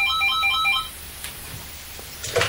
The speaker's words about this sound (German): 2 Abende später klingelte nach dem Essen bei Brunetti zu Hause das Telefon und Paola nahm ab.